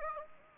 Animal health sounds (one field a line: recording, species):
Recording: mosquito wingbeat signal from an infrared sensor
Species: Anopheles gambiae